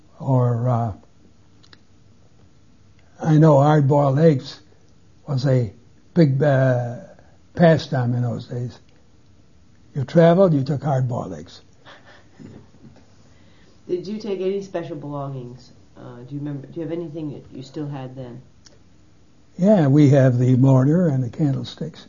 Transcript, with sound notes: or - I know hard boiled eggs was a big pastime in those days. You traveled, you took hard boiled eggs.
(laughs) Did you take any special belongings? Do you remember - do you have anything you still had then?
Yeah we have the mortar and the candlesticks.